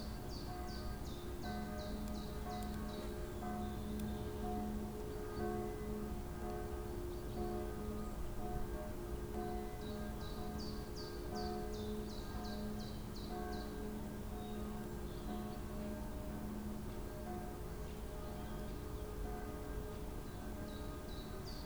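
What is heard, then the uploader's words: A spring day in Tivoli Park, Ljubljana: a steady low hum of distant-sounding city traffic fills the background, with sustained tones like ringing bells layered through the middle. Bright bird trills repeat in quick bursts near the start, around ten seconds, and again at the end. Spring Day Atop Tivoli. Recorded in Tivoli Park, in Ljubljana, Slovenia.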